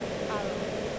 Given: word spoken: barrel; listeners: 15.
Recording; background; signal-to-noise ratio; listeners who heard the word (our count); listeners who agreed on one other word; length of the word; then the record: one English word in noise, from a listening test; speech-shaped noise; -6.4 dB; 4 of 15; 10 of 15; 0.59 s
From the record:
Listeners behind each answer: 10, 4, 1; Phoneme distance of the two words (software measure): 24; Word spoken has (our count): 2 syllables, 5 phonemes, stress on syllable 1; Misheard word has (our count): 2 syllables, 3 phonemes, stress on syllable 1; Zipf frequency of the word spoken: 4.06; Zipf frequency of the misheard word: 3.78